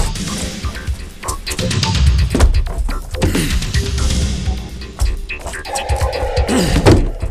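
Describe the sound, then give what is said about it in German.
A solid oak door is forced open: a run of heavy, dull thuds and cracking blows, then a drawn-out groaning creak, with some faint voices mixed in. “Gehen Sie zur Seite, ich breche die Tür auf.”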